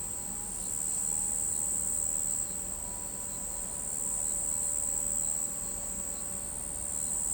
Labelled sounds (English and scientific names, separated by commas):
none